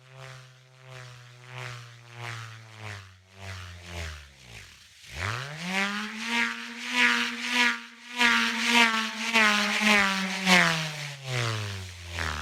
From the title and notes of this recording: This version mixes a range of revolving sounds that I find evocative of moving around an axis. Created and designed by Jim Dawson.